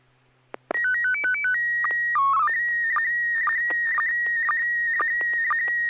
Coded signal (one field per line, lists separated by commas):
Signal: SSTV (slow-scan television)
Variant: PD 120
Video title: N6NA SSTV Net - 07/27/2022